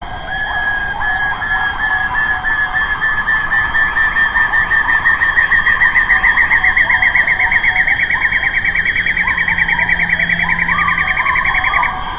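Black-and-yellow broadbill giving a long, rapid series of notes that climb steadily in pitch for about twelve seconds.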